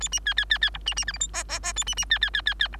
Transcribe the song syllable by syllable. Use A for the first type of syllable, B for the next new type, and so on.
A B C C C C D B B E F G H H H A B B C C C C C D